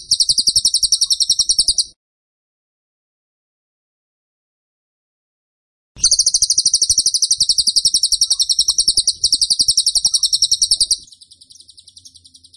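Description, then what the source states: Bird song: a short fast rattle of high notes, silence, then a long five-second rapid-fire burst that drops into a quieter stream of the same pulses. Training (masteran) recording for cage birds; song style called tembakan; bird singing vigorously (gacor).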